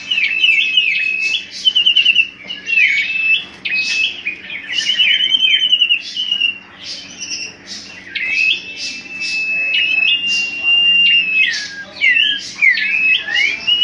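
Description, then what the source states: Common iora song of clear whistles and buzzy chirps in bursts, with a long steady whistled note held for several seconds later on. Whistled song used as a lure sound for bird catching.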